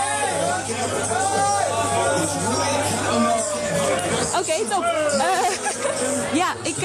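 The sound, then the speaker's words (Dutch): A dense crowd chatters and shouts over one another in a steady, loud babble amid a lot of pushing and shoving at an American expat event in Amsterdam, with a referee involved; overlapping voices rise and fall throughout and a few short words are spoken clearly above the din. “Ja, er zijn een hoop mensen aan het schreeuwen, want er vindt een hoop geduw en getrek plaats hier.”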